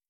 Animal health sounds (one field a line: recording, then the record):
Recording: hydrophone in a shrimp aquaculture tank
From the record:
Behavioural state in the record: stressed